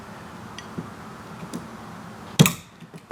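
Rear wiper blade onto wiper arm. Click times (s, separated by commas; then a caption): 2.4 s. A new rear wiper blade for a Chevy Equinox or GMC Terrain is slid back onto the metal wiper arm, with light handling noises before it. It snaps on with a sharp click at 2.4 s, showing the blade is locked in place.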